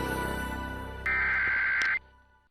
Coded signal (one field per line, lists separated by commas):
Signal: Emergency Alert System (SAME) tones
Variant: header bursts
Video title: FIRE AND WATER... EAS Alerts from 8/7/23 & 8/9/23 (EAS #2,814 - 2,816)